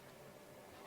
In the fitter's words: push quite firmly and then lock into place